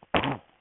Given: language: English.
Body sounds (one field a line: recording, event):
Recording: throat vibration sensor signal played as sound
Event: cough